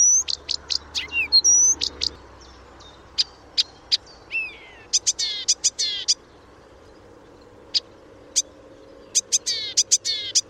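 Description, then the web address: Blyth's reed warbler song: a varied, unhurried run of sharp clicks, high whistles, downslurred notes and buzzy chattering bursts, with pauses between groups. "chant didier collin rousserolle des buissons"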